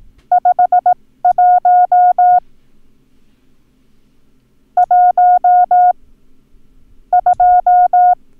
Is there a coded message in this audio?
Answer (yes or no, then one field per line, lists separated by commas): yes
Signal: Morse code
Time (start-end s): 0.3-8.1 s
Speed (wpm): 18 wpm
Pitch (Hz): 720 Hz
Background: none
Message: 51 1 2